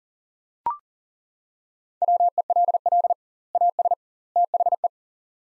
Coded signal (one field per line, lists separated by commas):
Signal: Morse code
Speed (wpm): 40 wpm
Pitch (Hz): 700 Hz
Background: none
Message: WELL AS THE